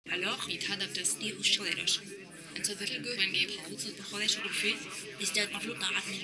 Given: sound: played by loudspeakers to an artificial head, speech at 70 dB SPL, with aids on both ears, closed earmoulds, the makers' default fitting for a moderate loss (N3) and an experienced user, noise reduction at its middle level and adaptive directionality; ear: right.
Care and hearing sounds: speech test signal (ISTS) in cocktail-party noise; 0 dB; in front (0 degrees)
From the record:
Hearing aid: class 2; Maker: J

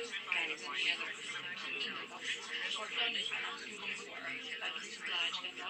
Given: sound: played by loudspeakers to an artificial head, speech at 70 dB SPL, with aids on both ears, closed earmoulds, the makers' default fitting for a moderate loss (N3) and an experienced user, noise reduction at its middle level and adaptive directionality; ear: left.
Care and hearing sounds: speech test signal (ISTS) in cocktail-party noise; -6 dB; on the right (90 degrees)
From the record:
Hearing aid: class 1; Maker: I

